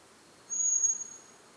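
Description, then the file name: Common blackbird with one sharp, thin, high-pitched drawn-out note, steady in pitch, then quiet hiss. "Turdus merula"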